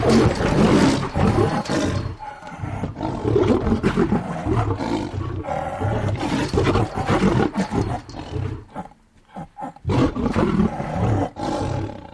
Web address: big cats|lions